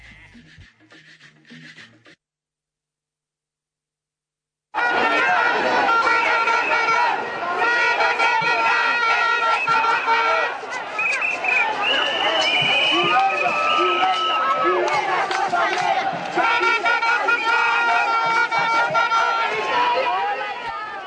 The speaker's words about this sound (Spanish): Y bueno, estamos escuchando de fondo Ambiente, de una de las tantas movilizaciones que vienen haciendo los maestros en Colombia, que están llevando adelante un paro por tiempo indeterminado, que cumple hoy 11 días.